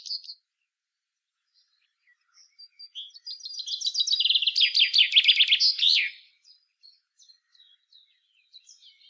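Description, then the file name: Common chaffinch song: a single bright phrase of quickening notes that tumbles down in pitch and ends in a sharp flourish, with a few soft chirps before and after. "Fringilla coelebs"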